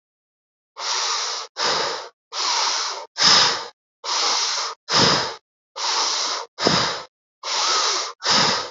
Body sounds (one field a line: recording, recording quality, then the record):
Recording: shallow breathing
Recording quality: excellent, no background noise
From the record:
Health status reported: healthy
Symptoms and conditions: none ticked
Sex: male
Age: 52 years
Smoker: not ticked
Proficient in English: yes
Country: India